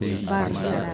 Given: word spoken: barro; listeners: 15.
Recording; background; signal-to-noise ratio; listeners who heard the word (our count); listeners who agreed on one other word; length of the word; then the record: one Spanish word in noise, from a listening test; eight-talker babble; -0.3 dB; 0 of 15; 6 of 15; 0.54 s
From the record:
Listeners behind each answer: 6, 3, 3, 1, 1, 1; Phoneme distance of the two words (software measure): 17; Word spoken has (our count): 2 syllables, 4 phonemes, stress on syllable 1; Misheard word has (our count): 1 syllable, 3 phonemes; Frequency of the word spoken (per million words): 19.20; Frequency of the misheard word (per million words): 58.97